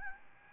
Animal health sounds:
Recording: mosquito wingbeat signal from an infrared sensor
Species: Aedes albopictus

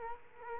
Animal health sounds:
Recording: mosquito wingbeat signal from an infrared sensor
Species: Culex quinquefasciatus

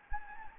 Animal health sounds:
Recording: mosquito wingbeat signal from an infrared sensor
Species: Anopheles gambiae

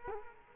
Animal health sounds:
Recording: mosquito wingbeat signal from an infrared sensor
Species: Culex quinquefasciatus

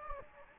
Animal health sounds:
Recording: mosquito wingbeat signal from an infrared sensor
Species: Anopheles gambiae

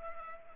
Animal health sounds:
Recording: mosquito wingbeat signal from an infrared sensor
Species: Culex pipiens

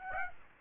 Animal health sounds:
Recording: mosquito wingbeat signal from an infrared sensor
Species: Aedes aegypti

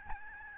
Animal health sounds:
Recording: mosquito wingbeat signal from an infrared sensor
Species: Aedes albopictus

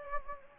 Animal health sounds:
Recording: mosquito wingbeat signal from an infrared sensor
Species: Anopheles gambiae

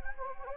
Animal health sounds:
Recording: mosquito wingbeat signal from an infrared sensor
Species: Anopheles gambiae

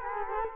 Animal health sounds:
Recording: mosquito wingbeat signal from an infrared sensor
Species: Culex quinquefasciatus

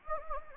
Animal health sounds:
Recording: mosquito wingbeat signal from an infrared sensor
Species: Anopheles gambiae

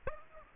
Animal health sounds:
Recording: mosquito wingbeat signal from an infrared sensor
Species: Aedes aegypti

